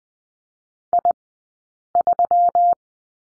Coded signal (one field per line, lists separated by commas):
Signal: Morse code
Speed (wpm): 20 wpm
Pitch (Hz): 700 Hz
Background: none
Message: I3